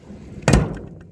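A hand rivet gun sets a pop rivet holding a solar panel mounting bracket to a tin roof sheet. A single sharp crack at 0.5 s marks the stem snapping off, then fades quickly. The snapped stem shows the rivet is set.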